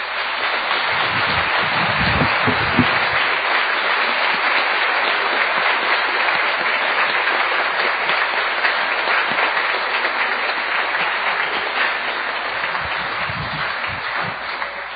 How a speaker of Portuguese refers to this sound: Mas hoje nós vamos saudar estes irmãos. Os irmãos podem aplaudir estes irmãos.